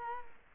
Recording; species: mosquito wingbeat signal from an infrared sensor; Culex quinquefasciatus